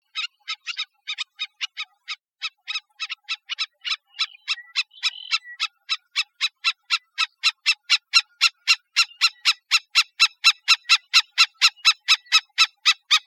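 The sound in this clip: Black-necked stilt calling a long run of loud, clipped yelping notes, with a brief faint whistle underneath.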